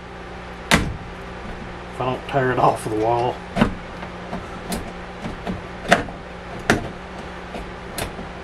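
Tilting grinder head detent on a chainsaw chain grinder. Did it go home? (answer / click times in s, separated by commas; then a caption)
yes / 6.7 s. Someone talks while swinging the tilting head of a Holzfforma/Farmertec electric bench chainsaw chain grinder back to center, with several sharp knocks and clicks heard along the way. At 6.7 s the head clicks into its center detent and locks in place.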